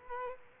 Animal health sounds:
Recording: mosquito wingbeat signal from an infrared sensor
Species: Culex quinquefasciatus

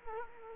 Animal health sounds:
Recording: mosquito wingbeat signal from an infrared sensor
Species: Culex quinquefasciatus

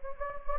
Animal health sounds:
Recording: mosquito wingbeat signal from an infrared sensor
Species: Anopheles gambiae

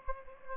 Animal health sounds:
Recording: mosquito wingbeat signal from an infrared sensor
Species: Anopheles gambiae

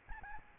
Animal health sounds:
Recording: mosquito wingbeat signal from an infrared sensor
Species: Aedes albopictus

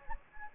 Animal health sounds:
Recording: mosquito wingbeat signal from an infrared sensor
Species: Anopheles gambiae

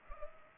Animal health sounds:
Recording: mosquito wingbeat signal from an infrared sensor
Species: Culex pipiens

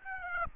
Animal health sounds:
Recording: mosquito wingbeat signal from an infrared sensor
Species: Aedes aegypti

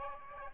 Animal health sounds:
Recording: mosquito wingbeat signal from an infrared sensor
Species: Aedes aegypti

